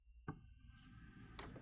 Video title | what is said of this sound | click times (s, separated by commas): 2009-14 GM Silverado/Sierra 1500 & SUV - Delta Force Cold Air Intake 615120 | And you want to push it until you hear it click. | 0.3 s